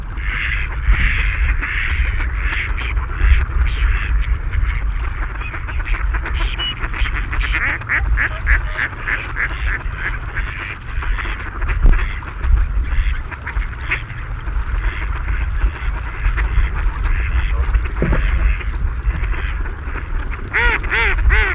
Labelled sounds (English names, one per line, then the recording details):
Mallard call
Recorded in the wild
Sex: male
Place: Putbus, Insel Rügen, Mecklenburg-Vorpommern, DE
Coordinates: 53.455, 13.186
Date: 1980-02-24
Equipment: Nagra III BH, Sennheiser MD 21, parabola
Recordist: Schubert, Michael
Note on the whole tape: Große Schar Stockenten, bunte Ruf-Mischung